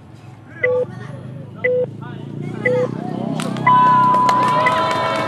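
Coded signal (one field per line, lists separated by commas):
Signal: radio time signal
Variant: time pips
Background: speech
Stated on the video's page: Japanese 117 telephone time signal during the 2009 leap second, its beats stretched to 1.01-second intervals before 9:00:00; recorded separately.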